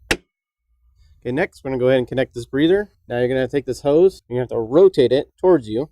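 A hard plastic breather line quick-connect snaps onto its fitting on the intake tube of a Flowmaster Delta Force Cold Air Intake 615165 for a 2017-18 GM Colorado/Canyon, giving a single loud, sharp click at 0.1 s as it seats. After a short quiet gap, someone talks.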